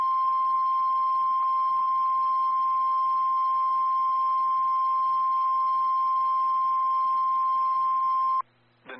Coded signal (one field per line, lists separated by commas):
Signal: Emergency Alert System (SAME) tones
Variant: 1050 Hz attention tone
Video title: NC SVR EAS #555